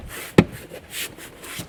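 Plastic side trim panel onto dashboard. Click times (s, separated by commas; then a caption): 0.4 s. A plastic side trim panel is pressed onto the dashboard of a 2005-2009 Subaru Legacy after a cabin filter replacement, and it snaps into place with one firm, sharp snap at 0.4 s. Quiet, soft handling rustle follows, and the panel is seated.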